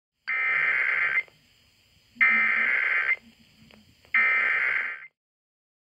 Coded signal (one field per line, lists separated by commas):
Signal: Emergency Alert System (SAME) tones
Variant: header bursts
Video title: KNWS-FM Required Weekly Test #4 (EAS #818)